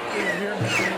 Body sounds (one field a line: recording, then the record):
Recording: coughing mixed with background sound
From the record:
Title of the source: Cough Around the Clock!